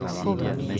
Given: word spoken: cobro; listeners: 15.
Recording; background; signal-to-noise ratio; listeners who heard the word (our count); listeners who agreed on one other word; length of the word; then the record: one Spanish word in noise, from a listening test; eight-talker babble; -0.5 dB; 0 of 15; 7 of 15; 0.40 s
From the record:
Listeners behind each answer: 7, 2, 1, 1, 1, 1, 1, 1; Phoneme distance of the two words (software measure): 34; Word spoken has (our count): 2 syllables, 5 phonemes, stress on syllable 1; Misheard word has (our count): 2 syllables, 5 phonemes, stress on syllable 1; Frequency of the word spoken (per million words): 10.58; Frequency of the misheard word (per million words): 177.13